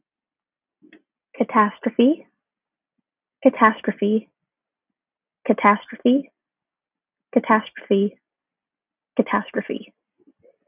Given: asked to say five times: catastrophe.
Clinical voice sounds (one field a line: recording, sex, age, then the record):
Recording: repeated word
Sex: female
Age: 20 to 29 years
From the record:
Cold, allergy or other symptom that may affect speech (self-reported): no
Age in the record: 24 years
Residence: West Virginia, United States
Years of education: 19